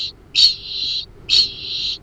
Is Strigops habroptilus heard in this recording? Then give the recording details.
yes. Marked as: faintness 1/5. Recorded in New Zealand. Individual Arab